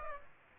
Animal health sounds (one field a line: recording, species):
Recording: mosquito wingbeat signal from an infrared sensor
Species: Aedes aegypti